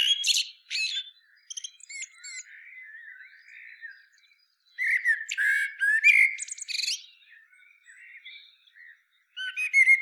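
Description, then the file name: Common blackbird song: squeaky twitters, a quiet warbled interlude, then a rich phrase of fluting notes and shrill chirps. "Turdus merula"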